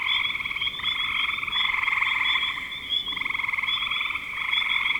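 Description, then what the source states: Frogs calling with rapid pulsed trills in a dense chorus, bursts shifting one to the next, plus a thin steady high tone. Spring 2025.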